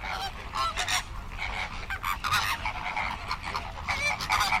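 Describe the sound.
Flamingo calls, a busy mix of nasal honking notes from many birds.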